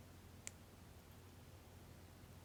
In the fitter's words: I don't know if you heard that click